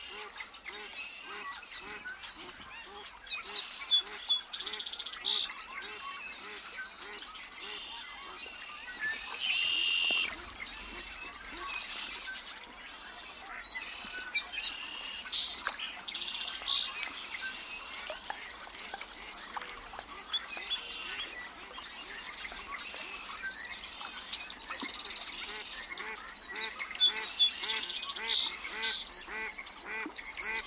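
Birds call around a mountain lake in Washington's Methow Valley, with bright, sharp chirps and trills bursting out at intervals, loudest near 5, 10, 16 and 26 seconds. Underneath, a steady, busy chatter of insects and repeated low pulsing calls continues throughout.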